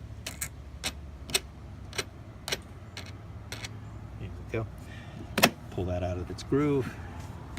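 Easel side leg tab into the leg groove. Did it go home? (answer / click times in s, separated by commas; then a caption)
no / none. The wooden side leg of a Julian French easel is loosened and pulled out of its groove, to be refitted so its small tab clicks into the leg groove, as someone talks over a low steady hum. Short, sharp knocks and taps sound throughout, and a brief squeaky, tonal scrape is heard near the end. The tab has not clicked or seated yet.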